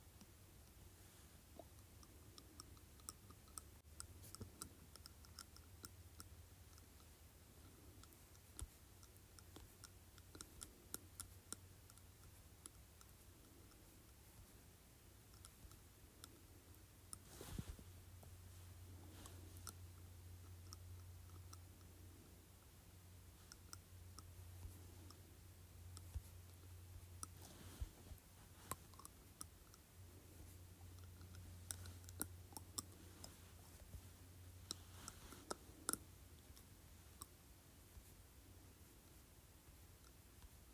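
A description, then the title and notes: Soft, irregular tapping on plastic, with sharp clicks scattered throughout, a loud tap near 17 seconds, and a low steady hum underneath. ASMR Tapping Softly on Plastic.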